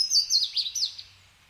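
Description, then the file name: Bird song of quick high chirps and slurred whistled notes in a fast tumbling burst, fading out after about a second. Woodland ambience with birds both close and in the distance. "kevin boucher nature woods ambience birds close and in distance"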